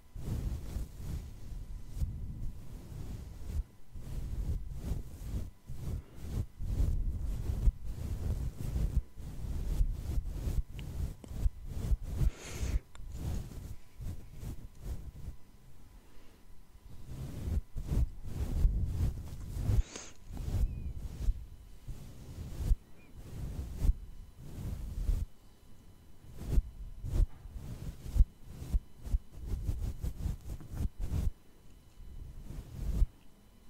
Face Brushing (With Brushing Sounds!! + Breathing sounds)